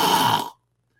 The sound of a snore through the mouth.